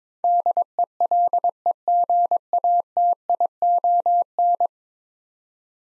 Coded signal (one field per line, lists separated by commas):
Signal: Morse code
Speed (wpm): 22 wpm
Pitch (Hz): 700 Hz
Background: none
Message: DELEGATION